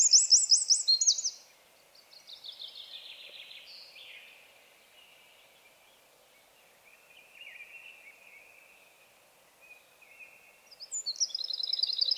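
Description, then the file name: Eurasian wren song fragments: the loud tail of a rapid trill at the start, soft high warbling in between, and a new fast trilled burst beginning near the end. "Troglodytes troglodytes"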